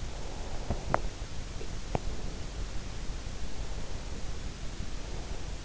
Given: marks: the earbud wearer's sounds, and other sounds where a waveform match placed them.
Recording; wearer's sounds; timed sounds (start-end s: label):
sounds in sleep by an in-ear microphone; breath, teeth grinding
0.27-2.52 s: breath
0.63-2.20 s: teeth grinding
3.49-5.61 s: breath